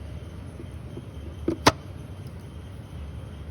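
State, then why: Seated. A cartridge oil filter element for a 2013 Kia Sorento is centered on the filter housing cap and pushed down with firm pressure. It snaps into place at 1.5 s, and a second, louder snap follows at about 1.7 s against a steady low background hum. The element is seated in the housing cap.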